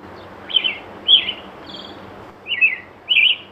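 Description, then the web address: Pale thrush singing a series of brief, clear whistled phrases, each sliding and warbling slightly, several in under four seconds with short pauses between. Recorded at Azamidani during a walk. "raivu sansaku azamidani sound bird sirohara"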